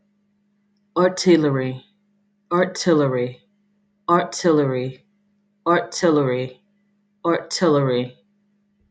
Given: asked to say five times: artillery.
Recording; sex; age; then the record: repeated word; female; 30 to 39 years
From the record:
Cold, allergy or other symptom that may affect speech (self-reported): no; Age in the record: 33 years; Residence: North Carolina, United States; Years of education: 0